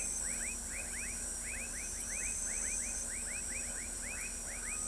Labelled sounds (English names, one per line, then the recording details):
none
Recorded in pastures near Pivijay, Magdalena, Colombia, on 5 June 2023 at 20:00
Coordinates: 10.456, -74.369
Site P6-G026